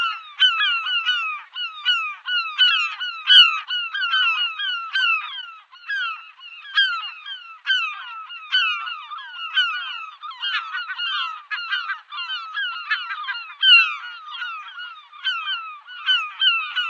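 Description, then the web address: European herring gull calls, a dense run of nasal, falling yelps and short barking notes, steady for the whole stretch. "Schulze Peter European Herring Gull"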